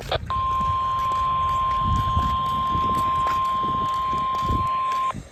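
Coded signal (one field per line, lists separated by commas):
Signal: Emergency Alert System (SAME) tones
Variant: 1050 Hz attention tone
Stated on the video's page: Real EAS alerts, including tests and storm warnings, captured over several days.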